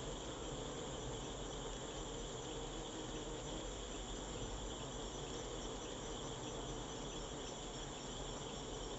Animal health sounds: honeybee defence experiment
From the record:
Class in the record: control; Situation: empty test tube, no live specimens

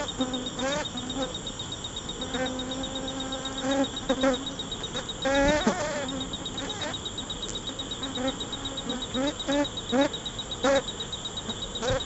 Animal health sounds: honeybee defence experiment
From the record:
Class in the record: control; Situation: empty test tube, no live specimens

